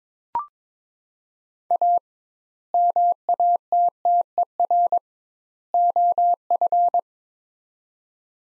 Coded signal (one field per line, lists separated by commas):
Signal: Morse code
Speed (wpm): 22 wpm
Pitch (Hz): 700 Hz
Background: none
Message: A MATTER OF